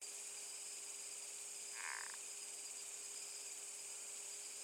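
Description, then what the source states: Frog giving a single short, harsh croak lasting under half a second, over a steady high drone and a low constant hum. Recorded at night on 7 December 2020, around 20:17.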